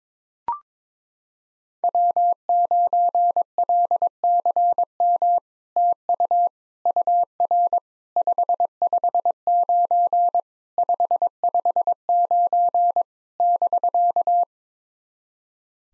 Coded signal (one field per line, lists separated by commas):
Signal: Morse code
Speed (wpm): 22 wpm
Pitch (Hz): 700 Hz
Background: none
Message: W9LCM TU UR 559 559 <BK>